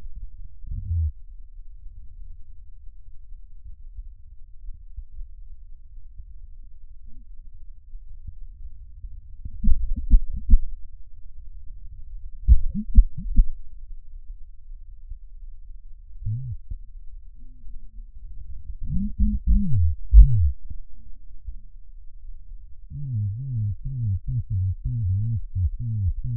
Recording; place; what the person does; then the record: lung sounds by stethoscope; right posterior apical chest; quiet breathing, then cough and speech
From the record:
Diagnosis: none (healthy); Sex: male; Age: 60 years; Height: 190 cm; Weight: 150 kg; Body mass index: 41.6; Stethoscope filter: bell mode